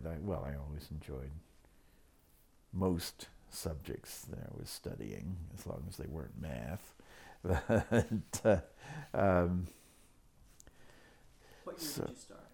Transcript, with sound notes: I, well, I always enjoyed most subjects that I was studying, as long as they weren't math, [Laughs] and uh.
What year did you start?